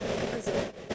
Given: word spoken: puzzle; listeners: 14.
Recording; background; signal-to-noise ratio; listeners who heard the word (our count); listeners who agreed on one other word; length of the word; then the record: one English word in noise, from a listening test; noise modulated by three-talker babble; -7.6 dB; 1 of 14; 10 of 14; 0.54 s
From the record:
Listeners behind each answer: 10, 1, 1, 1, 1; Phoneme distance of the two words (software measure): 34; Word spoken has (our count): 2 syllables, 5 phonemes, stress on syllable 1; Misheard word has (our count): 2 syllables, 5 phonemes, stress on syllable 1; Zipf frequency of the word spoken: 3.93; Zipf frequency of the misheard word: 4.81